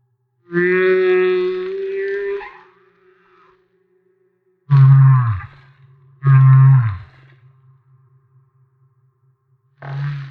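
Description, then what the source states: Humpback whale song phrases: one long tonal moan followed by three deep grunting units. Maui.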